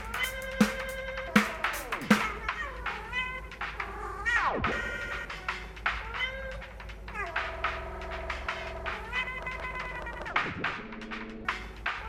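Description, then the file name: Cat meows, long bending calls that swoop up and down in pitch, repeated throughout with a few brief pauses. "The Cat"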